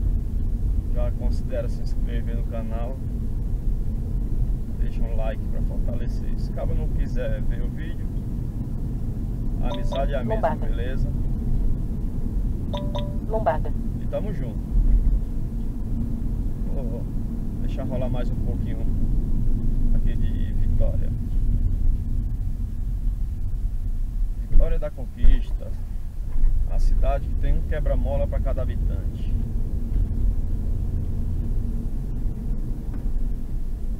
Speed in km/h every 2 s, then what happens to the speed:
39, 46, 50, 52, 53, 54, 53, 53, 53, 49, 28, 16, 15, 24, 37, 45, 50.
0-6 speeds up to 52. 6-16 steady at about 53. 16-22 brakes to 16. 24-34 speeds up to 50.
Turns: none.